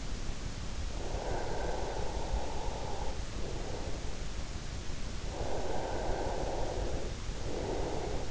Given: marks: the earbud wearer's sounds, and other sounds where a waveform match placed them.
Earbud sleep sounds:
sounds in sleep by an in-ear microphone; breath
1.12-4.05 s: breath
5.35-8.31 s: breath

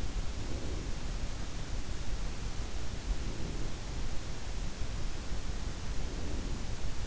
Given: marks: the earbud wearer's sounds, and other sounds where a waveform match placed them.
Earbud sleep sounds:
sounds in sleep by an in-ear microphone; breath
0.17-1.13 s: breath
2.87-4.02 s: breath
5.87-6.84 s: breath

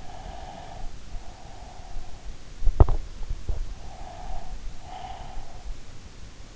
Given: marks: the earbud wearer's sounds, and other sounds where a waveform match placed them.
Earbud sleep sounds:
sounds in sleep by an in-ear microphone; breath
0.00-2.32 s: breath
2.63-3.06 s: sound from someone else or the room
3.79-5.93 s: breath

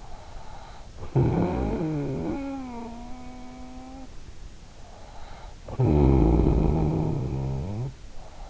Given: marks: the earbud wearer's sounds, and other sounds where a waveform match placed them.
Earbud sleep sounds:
sounds in sleep by an in-ear microphone; snoring breath
0.73-4.27 s: snoring breath
5.36-8.50 s: snoring breath

